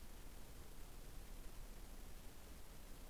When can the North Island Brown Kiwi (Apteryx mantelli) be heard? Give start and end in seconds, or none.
none